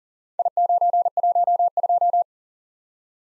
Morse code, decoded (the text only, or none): I912